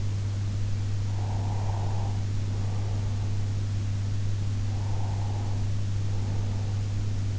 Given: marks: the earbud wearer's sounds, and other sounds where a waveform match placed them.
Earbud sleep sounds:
sounds in sleep by an in-ear microphone; breath
1.13-3.55 s: breath
4.64-7.13 s: breath

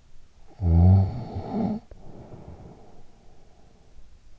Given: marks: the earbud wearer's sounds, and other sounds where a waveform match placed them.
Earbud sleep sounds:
sounds in sleep by an in-ear microphone; snoring breath
0.34-4.11 s: snoring breath

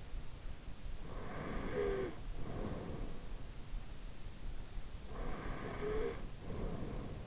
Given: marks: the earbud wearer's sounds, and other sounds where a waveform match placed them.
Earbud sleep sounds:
sounds in sleep by an in-ear microphone; snoring breath
0.99-3.36 s: snoring breath
4.96-7.27 s: snoring breath

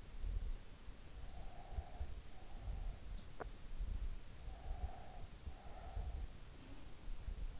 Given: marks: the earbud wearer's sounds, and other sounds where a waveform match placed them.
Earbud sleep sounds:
sounds in sleep by an in-ear microphone; breath
1.06-2.58 s: breath
4.40-6.56 s: breath

